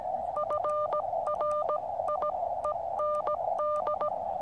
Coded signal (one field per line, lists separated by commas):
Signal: Morse code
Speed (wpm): 17 wpm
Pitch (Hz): 1200 Hz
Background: none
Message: FRIEND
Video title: Knowing How To Send Your Position Via Radio Can Save Lives.